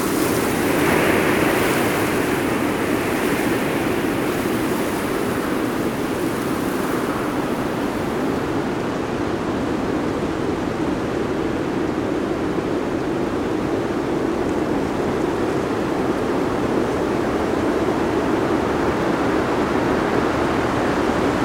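Mountain wind roars in a steady, dense rush, strongest in the low and middle range, with a brighter hiss fading after about eight seconds.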